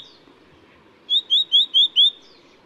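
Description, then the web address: Black-naped monarch calling: a quick run of five short, sharp, upslurred notes, evenly spaced, against a quiet background hiss. Recorded at Yushan. "黑枕藍鶲 Yushan"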